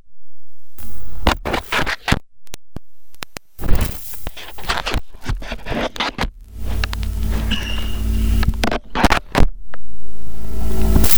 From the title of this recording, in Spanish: Cable Que Se Desplaza Por Las Paredes De La Casa